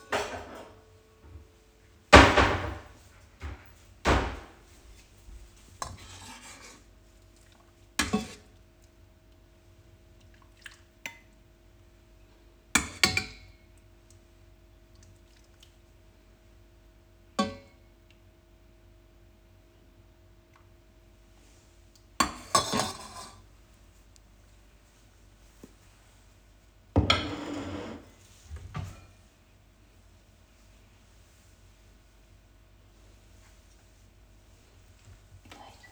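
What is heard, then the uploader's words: Lunch is being prepared: sharp knocks and clatters of dishes, doors or utensils arrive at scattered moments, loudest near the start and around 23 and 27 seconds. Between them the room is quiet apart from a low steady hum and a faint tone. Preparing lunch in the home office, Vienna. This is how it sounds when lunch is being prepared.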